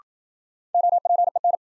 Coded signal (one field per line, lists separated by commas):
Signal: Morse code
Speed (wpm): 51 wpm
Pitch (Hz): 700 Hz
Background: none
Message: OPEN